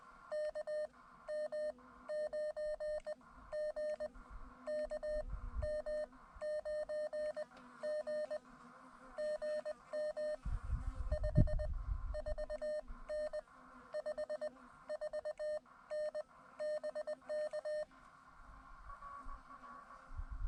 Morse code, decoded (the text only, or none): KM9G KM9G GM 54N 54N BK